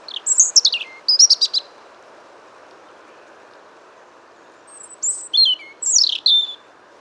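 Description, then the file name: European robin singing two short, high, sparkling phrases, then a pause of about three seconds before a second burst of thin, descending, tinkling notes; soft steady hiss beneath. "Erithacus rubecula"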